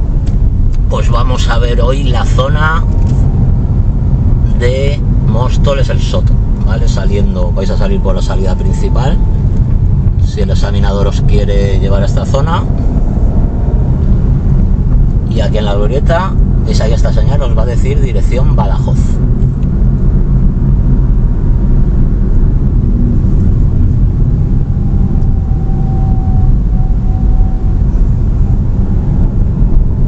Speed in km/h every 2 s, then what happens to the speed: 24, 27, 26, 25, 25, 26, 32, 33, 37, 38, 38, 32, 25, 25, 29.
0-8 steady at about 25. 8-17 speeds up to 38. 21-24 brakes to 25. 24-30 steady at about 25.